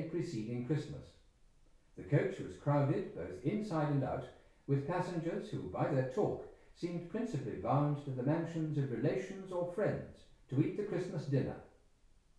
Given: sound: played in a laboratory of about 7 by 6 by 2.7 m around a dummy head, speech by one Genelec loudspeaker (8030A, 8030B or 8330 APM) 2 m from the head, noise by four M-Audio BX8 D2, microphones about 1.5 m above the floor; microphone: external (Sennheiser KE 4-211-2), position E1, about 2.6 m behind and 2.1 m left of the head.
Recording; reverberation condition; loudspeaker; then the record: male speech in English; medium; 150 degrees to the left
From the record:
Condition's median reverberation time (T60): about 510 ms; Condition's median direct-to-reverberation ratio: about -0.5 dB